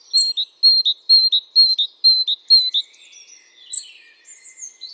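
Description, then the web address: Great tit song: about six ringing two-note phrases in quick, regular succession, then softer high chirps. "SETE data Parus major"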